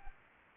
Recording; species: mosquito wingbeat signal from an infrared sensor; Anopheles arabiensis